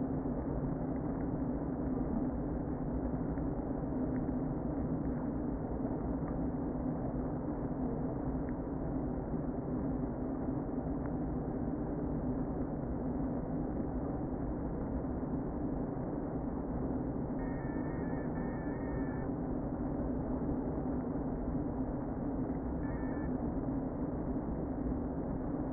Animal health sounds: honeybee colony, microphone inside the hive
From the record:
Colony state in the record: queen present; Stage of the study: before two queens were removed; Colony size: about 60,000 bees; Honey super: yes

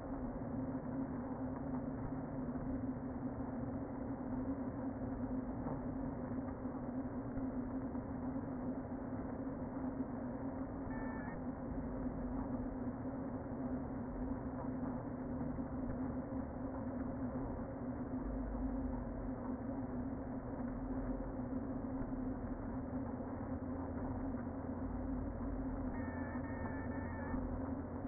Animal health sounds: honeybee colony, microphone inside the hive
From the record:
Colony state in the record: queen present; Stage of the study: before two queens were removed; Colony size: about 60,000 bees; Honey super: yes

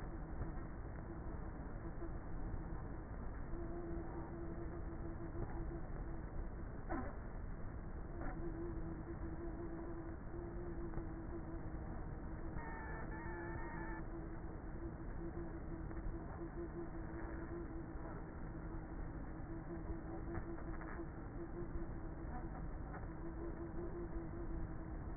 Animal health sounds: honeybee colony, microphone inside the hive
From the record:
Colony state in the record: queenless with a low population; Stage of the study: before two queens were removed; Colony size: about 30,000 bees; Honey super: no

